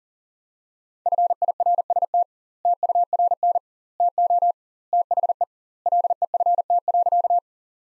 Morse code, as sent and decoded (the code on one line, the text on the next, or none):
..-. .. .-. ... - / - ..- .-. -. / - --- / - .... . / .-.. . ..-. - .-.-.-
FIRST TURN TO THE LEFT.